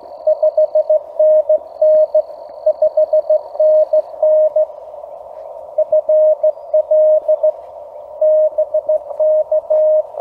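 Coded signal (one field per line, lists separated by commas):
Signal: Morse code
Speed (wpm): 14 wpm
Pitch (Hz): 620 Hz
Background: radio noise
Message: 5NN 5NN FL BK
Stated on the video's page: CW park activation contacts made during the 2024 eclipse.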